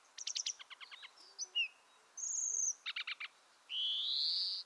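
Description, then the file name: European greenfinch giving quick rattling trills of clipped notes, a short high buzz, another trill, then a long nasal wheeze that climbs steadily in pitch to close. "Chloris chloris"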